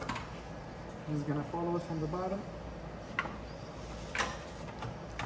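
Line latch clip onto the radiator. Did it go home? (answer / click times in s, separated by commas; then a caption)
yes / 3.2 s. On a 2011–2016 BMW F10 535i, a line latch clip is followed from the bottom and pushed home onto the radiator. Someone talks, and then a sharp click at 3.2 s confirms the clip has seated. Smaller clicks follow around 4.2 s.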